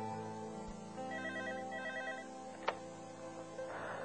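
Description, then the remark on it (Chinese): A phone rings early in the morning, near six o'clock, with a repeating electronic warble in bursts of high tones, steady and moderately loud, with a brief sharp click partway through and no one speaking. “我一直睡不好，听到电话响，再望下个钟，原来已经是朝头早将近六点”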